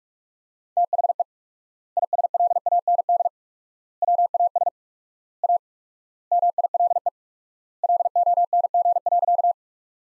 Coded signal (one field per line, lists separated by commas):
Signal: Morse code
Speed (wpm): 47 wpm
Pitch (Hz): 700 Hz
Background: none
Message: THE ISLAND WAS A MILE LONG.